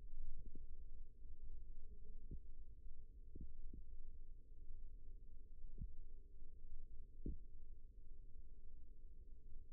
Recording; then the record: forearm muscle sounds (acoustic myography)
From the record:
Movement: rest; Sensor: system 1, eight BSWA MPA416 microphones around the upper forearm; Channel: 3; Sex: male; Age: 42 years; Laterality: right